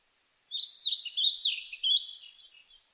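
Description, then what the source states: Blue-and-white flycatcher song: one continuous phrase of just over two seconds of high, sweet whistled notes rising and falling, ending in softer trailing notes. Recorded 23 May 2004.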